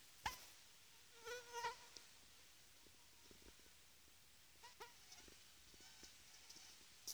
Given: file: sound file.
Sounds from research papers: Acoustic recording from wild female Aedes sierrensis mosquito at Big Basin Redwoods State Park, CA, USA. Recording was done by a volunteer using a 2015-model Sony Xperia Z3 compact.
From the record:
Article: Using mobile phones as acoustic sensors for high-throughput mosquito surveillance

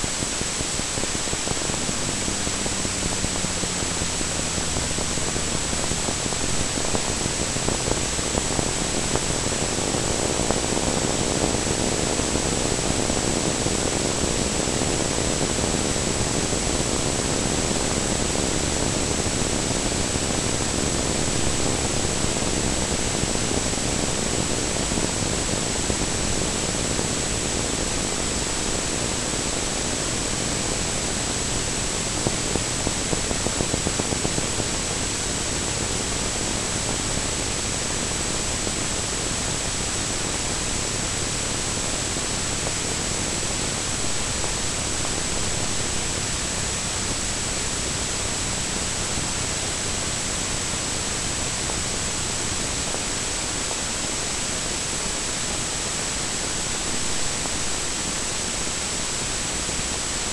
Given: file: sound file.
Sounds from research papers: Examples of audio tracks of spontaneous EMG tracings of ipsilateral #491.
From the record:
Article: Causation of Acute Flaccid Paralysis by Myelitis and Myositis in Enterovirus-D68 Infected Mice Deficient in Interferon αβ/γ Receptor Deficient Mice

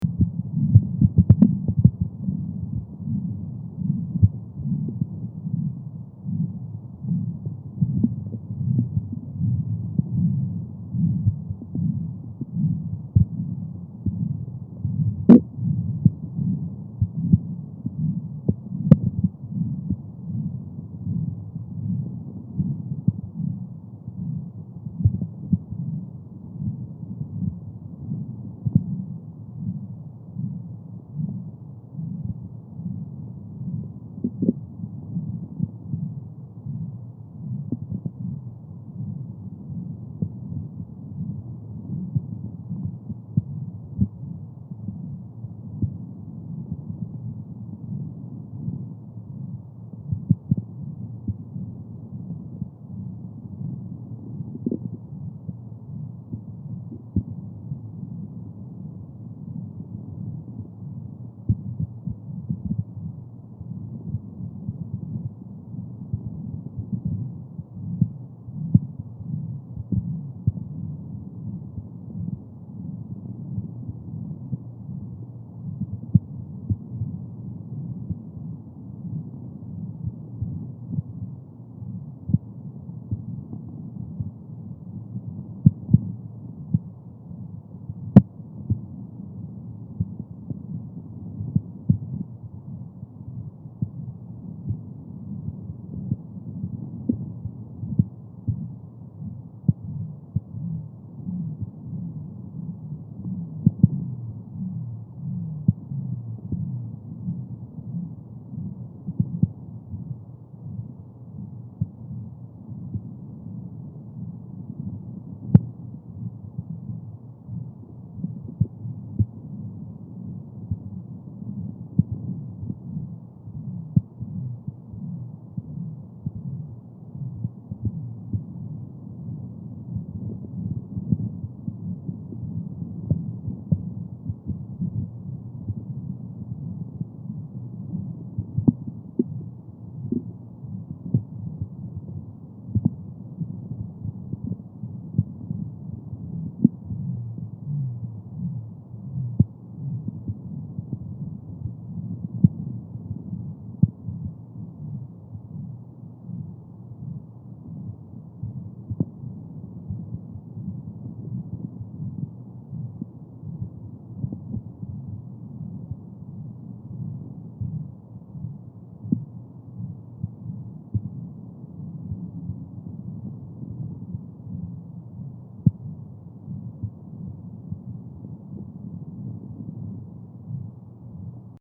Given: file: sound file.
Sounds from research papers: Recordings of maternal sounds.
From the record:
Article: A description of externally recorded womb sounds in human subjects during gestation

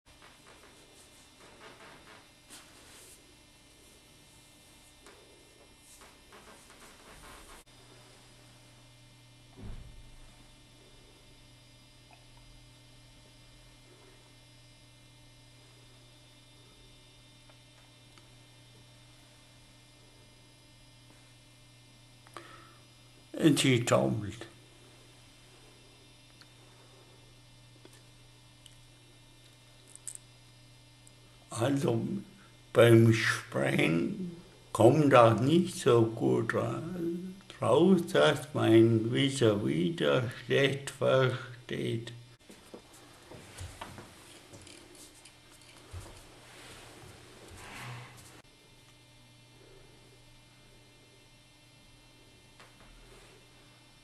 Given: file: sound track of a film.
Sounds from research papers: Patient V:25 at the age of 68 years showing cerebellar ataxia of the legs more than the arms, a gaze‐evoked nystagmus, vertical nystagmus, and a deviation of gaze as described in the text. Dysarthria is of a mixed cerebellar and bulbar type. Flexion dystonia of the toes when walking is shown.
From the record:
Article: Familial Cerebellar Ataxia and Amyotrophic Lateral Sclerosis/Frontotemporal Dementia with DAB1 and C9ORF72 Repeat Expansions: An 18‐Year Study

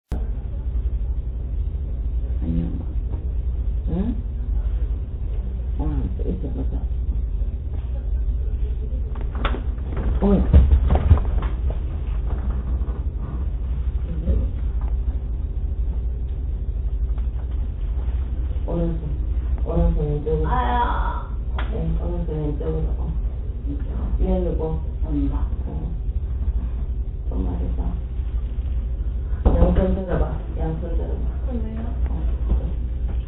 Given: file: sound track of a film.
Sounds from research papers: The patient suddenly felt uncomfortable and called for help. She sat up quickly, put her palms over her chest and moaned in pain. During this episode, fast rhythmic spikes from the right hemisphere were seen. They gradually evolved into 3-4 hertz (Hz) delta activities that increased in amplitude.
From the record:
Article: A rare but treatable cause of recurrent chest pain - Ictal chest pain

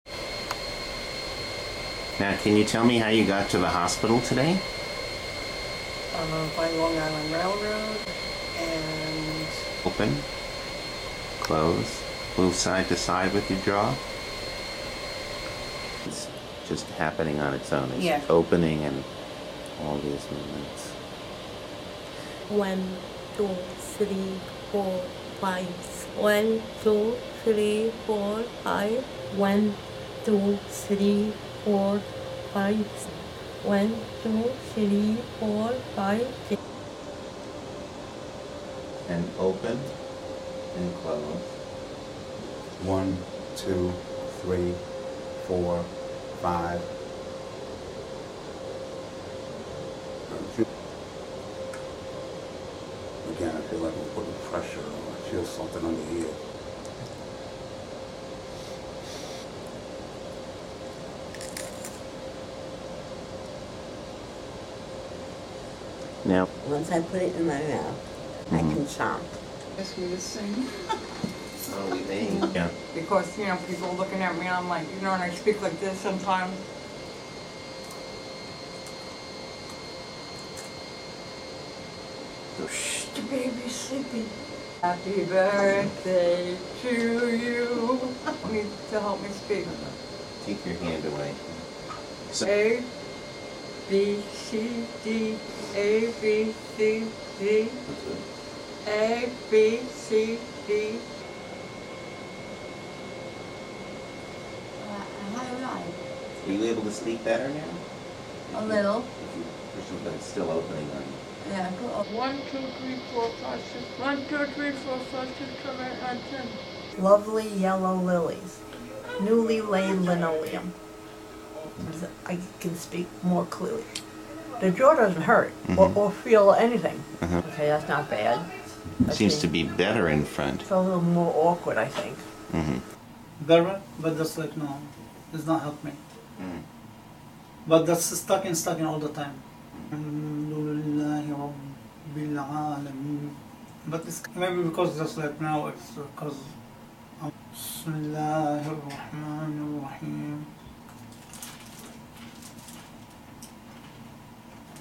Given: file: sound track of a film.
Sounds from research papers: Patient 2 demonstrates pure left jaw deviation, accentuated by speaking. Patient 3 demonstrates jaw-opening dystonia and mild jaw protrusion, more prominent when speaking. Dystonia improved when a plastic syringe is placed between her teeth. Patient 23 has prominent left jaw deviation and mild jaw protrusion at rest. Dystonia improves when he places a plastic syringe between his teeth on the left, but not on the right, and holding firm pressure on the right cheek. Patient 1 demonstrates jaw opening dystonia when chewing. Patient 4 has jaw opening dystonia, worse when speaking and chewing. Whispering and singing are easier for her. Dystonia was mildly improved when holding a lower jaw. Dystonia and speech were markedly improved when placing a plastic syringe or a tongue depressor between her teeth. Patient 5 shows severe jaw opening dystonia, triggered when she speaks. Dystonia is improved when holding bilateral jaw with her hands or an examiner’s hands. Patient 10 shows pure right jaw deviation, accentuated by speaking. Dystonia is improved when holding her lower jaw with a finger, and placing a plastic syringe between her teeth on the right and in front, but not on the left. Patient 25 has mouth closure with slight jaw opening and protrusion when speaking, worse when praying. Dystonia is better when placing a tongue depressor between his teeth. Dystonia was also accentuated by chewing but to a lesser degree than speaking.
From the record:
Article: The phenomenology and natural history of idiopathic lower cranial dystonia

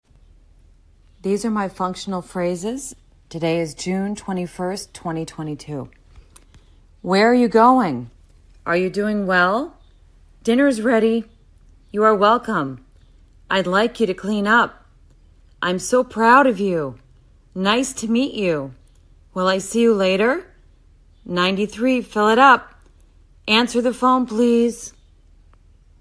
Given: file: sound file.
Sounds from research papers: Conversational discourse revealed no perceptual evidence of LD. One Year Post-LSVT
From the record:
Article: Intensive Voice Treatment following Botulinum Neurotoxin Injection for a Speaker with Abductor Laryngeal Dystonia: An Exploratory Case Study

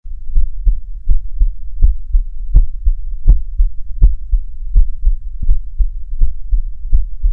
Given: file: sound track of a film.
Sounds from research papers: Heart sounds of healthy volunteer 9 recorded with the 3M Littmann stethoscope.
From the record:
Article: A Low-Cost, Ear-Contactless Electronic Stethoscope Powered by Raspberry Pi for Auscultation of Patients With COVID-19: Prototype Development and Feasibility Study

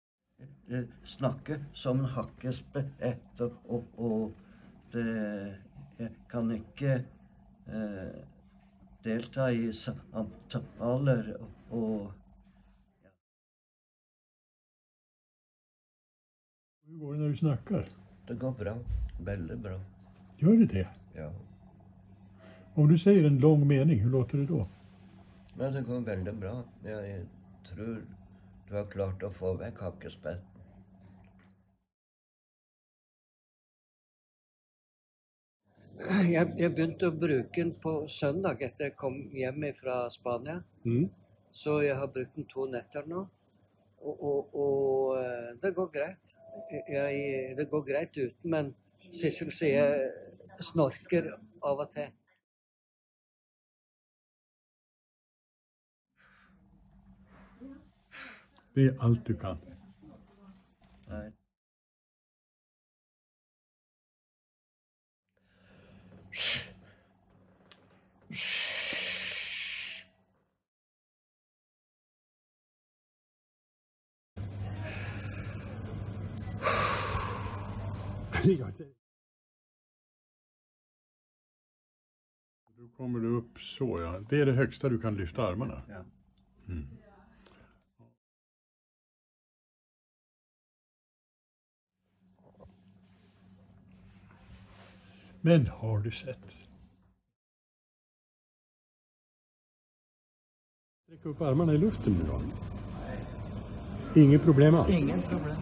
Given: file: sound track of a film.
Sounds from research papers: Speech, forced expiration, and shoulder mobility before and immediately following bilateral exploration and neurolysis of the (superficial) cervical plexus.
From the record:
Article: Respiratory dysfunction in whiplash associated disorders (WAD) with cervical plexus syndrome – A case report

